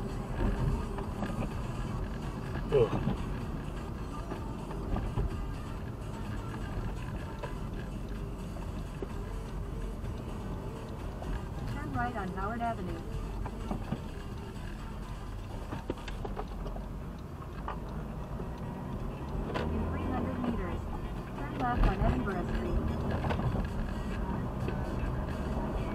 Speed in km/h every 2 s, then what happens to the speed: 47, 42, 36, 30, 28, 35, 29, 14, 20, 32, 41, 52, 58.
0-6 slows to 30. 6-11 steady at about 30. 11-14 brakes to 14. 15-26 speeds up to 58.